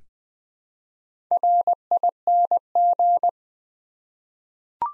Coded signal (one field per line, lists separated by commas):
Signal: Morse code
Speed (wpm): 20 wpm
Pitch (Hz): 700 Hz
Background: none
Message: RING